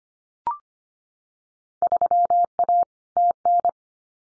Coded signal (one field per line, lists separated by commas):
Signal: Morse code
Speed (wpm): 25 wpm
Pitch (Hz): 700 Hz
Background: none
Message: 3A TN